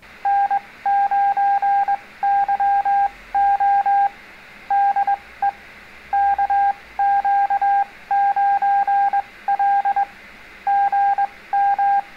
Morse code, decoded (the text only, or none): N9YO DE KQ9L GM